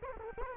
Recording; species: mosquito wingbeat signal from an infrared sensor; Culex quinquefasciatus